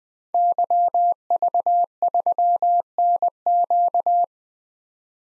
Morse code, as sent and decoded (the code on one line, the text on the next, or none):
-.-- ...- ...-- -. --.-
YV3NQ